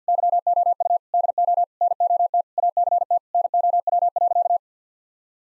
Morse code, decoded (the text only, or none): YOU DO NOT ACT NOW.